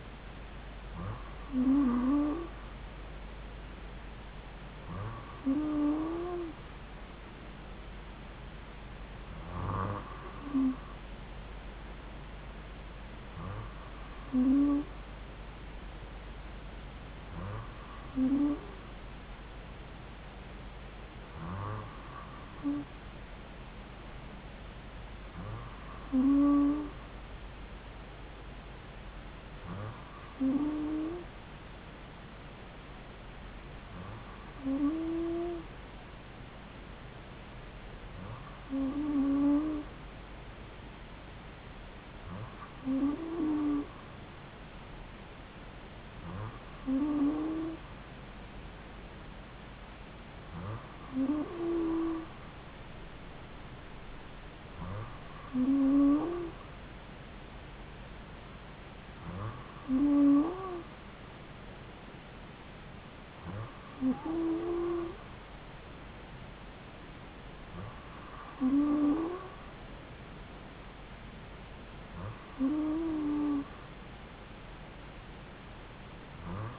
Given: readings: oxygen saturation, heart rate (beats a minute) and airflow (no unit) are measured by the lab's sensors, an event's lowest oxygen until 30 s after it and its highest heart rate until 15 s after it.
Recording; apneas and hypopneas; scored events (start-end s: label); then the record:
breathing in sleep by a voice recorder at the bedside; none
none scored
From the record:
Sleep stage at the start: N2 (light sleep); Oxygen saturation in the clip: 93 to 94%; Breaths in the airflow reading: 18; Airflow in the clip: -2.5 to 2.4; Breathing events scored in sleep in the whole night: 270 in 6.1 hours asleep